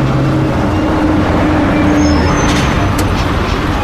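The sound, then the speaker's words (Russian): A bus pulls up at a bus stop and stops: a loud, steady diesel rumble with a low droning engine tone, then a couple of short sharp air-brake hisses near the end. “Автобус подъезжает.”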